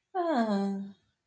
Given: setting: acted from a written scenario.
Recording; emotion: vocal sound without words; serenity